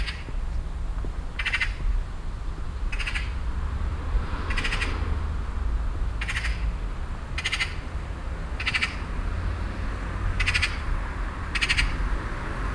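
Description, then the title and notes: Eurasian magpie repeating harsh rattling chatter eight times at intervals of one to two seconds over a steady rushing, rumbling background noise. Magpie in a tree in a garden, loudly signalling; wind rustling in birch trees; Rilkestrasse, Weiden, Cologne (Refrath); nearfield recording. "cologne, weiden, rilkestrasse, elster. Refrath. elster in baum in einem garten, laut signal gebend, ein pkw fährt vorbei, das rauschen des windes in den birkenbäumen soundmap nrw"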